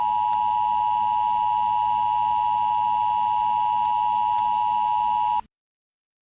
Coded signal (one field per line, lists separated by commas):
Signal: Emergency Alert System (SAME) tones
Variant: 853 and 960 Hz attention tone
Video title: EAS SCENARIO•LUNCHLY